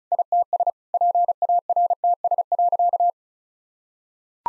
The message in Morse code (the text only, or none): ITS PARTS.